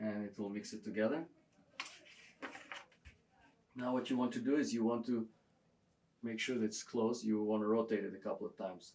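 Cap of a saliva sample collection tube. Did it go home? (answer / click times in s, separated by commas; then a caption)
yes / 1.8 s. Someone talks while the plastic lid of a saliva sample collection tube is snapped shut, releasing the stabilizing fluid into the sample. A sharp click at 1.8 s marks the lid snapping closed and seated.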